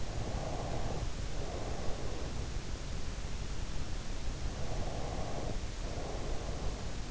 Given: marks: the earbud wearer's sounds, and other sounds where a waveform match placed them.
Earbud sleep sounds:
sounds in sleep by an in-ear microphone; breath
0.00-2.58 s: breath
4.68-7.04 s: breath

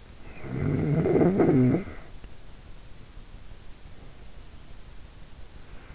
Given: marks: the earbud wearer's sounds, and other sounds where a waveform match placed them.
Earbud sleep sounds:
sounds in sleep by an in-ear microphone; snoring breath
0.03-2.20 s: snoring breath

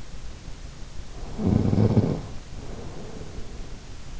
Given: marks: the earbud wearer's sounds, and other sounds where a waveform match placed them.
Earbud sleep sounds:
sounds in sleep by an in-ear microphone; snoring breath
1.04-3.38 s: snoring breath

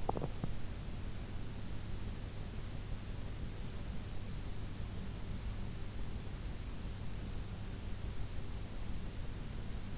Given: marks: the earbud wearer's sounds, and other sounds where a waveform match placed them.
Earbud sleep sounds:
sounds in sleep by an in-ear microphone; teeth grinding
0.00-0.54 s: teeth grinding

